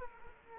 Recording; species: mosquito wingbeat signal from an infrared sensor; Culex quinquefasciatus